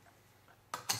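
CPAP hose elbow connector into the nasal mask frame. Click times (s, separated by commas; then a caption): 0.7 s, 0.9 s. A CPAP hose elbow (swivel connector) is pushed back onto a plastic ResMed nasal CPAP mask frame. After quiet low handling noise, two sharp clicks sound at 0.7 s and 0.9 s. The connector is seated properly and spins freely.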